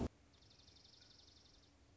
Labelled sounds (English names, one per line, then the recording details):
Dark-eyed Junco
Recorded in Sonoma County, California